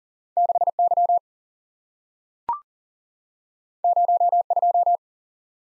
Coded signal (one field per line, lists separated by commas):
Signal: Morse code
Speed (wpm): 40 wpm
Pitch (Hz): 700 Hz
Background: none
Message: 6 Y 0 2